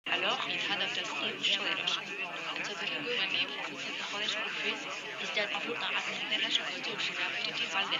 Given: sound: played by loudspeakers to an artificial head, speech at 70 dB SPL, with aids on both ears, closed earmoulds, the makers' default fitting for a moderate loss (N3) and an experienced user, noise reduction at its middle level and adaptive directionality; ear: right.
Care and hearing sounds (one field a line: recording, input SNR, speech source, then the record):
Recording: speech test signal (ISTS) in cocktail-party noise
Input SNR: -3 dB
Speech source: in front (0 degrees)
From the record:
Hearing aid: class 1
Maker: G